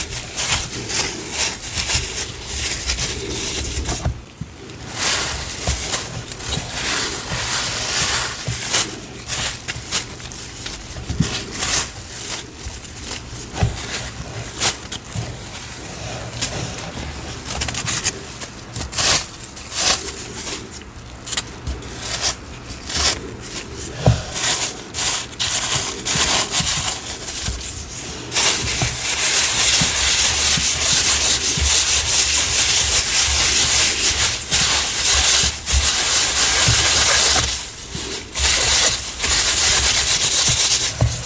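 Green cornstarch and gym chalk powder are handled in a continuous run of soft, gritty rubbing and sifting sounds. Dense scratchy textures come in uneven bursts with brief pauses, and from about 28 seconds a steadier, louder hiss of powder fills the rest.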